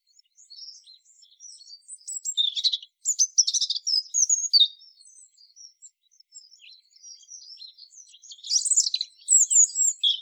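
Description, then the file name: European robin pouring out varied high, tinkling warbles in bursts, with quieter twittering between louder phrases. "Erithacus rubecula"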